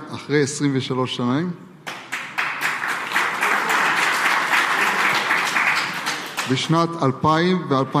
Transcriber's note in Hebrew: מחיאות כפים